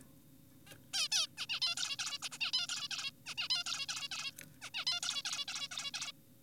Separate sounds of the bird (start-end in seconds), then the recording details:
0.67-0.76, 0.94-1.08, 1.12-1.28, 1.38-1.46, 1.50-1.60, 1.62-1.76, 1.77-1.97, 1.99-2.18, 2.22-2.29, 2.32-2.38, 2.41-2.52, 2.54-2.67, 2.69-2.88, 2.91-3.11, 3.26-3.34, 3.38-3.48, 3.50-3.64, 3.66-3.86, 3.89-4.09, 4.12-4.32, 4.62-4.70, 4.74-4.85, 4.87-5.00, 5.03-5.22, 5.25-5.45, 5.48-5.68, 5.72-5.91, 5.94-6.12. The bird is an adult. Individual g4p5U